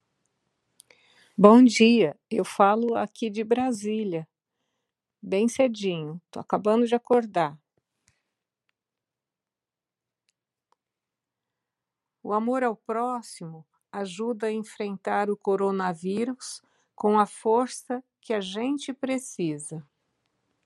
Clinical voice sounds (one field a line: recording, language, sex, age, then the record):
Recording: spoken sentence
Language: Brazilian Portuguese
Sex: female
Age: 60 to 69 years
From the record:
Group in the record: control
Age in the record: 61 years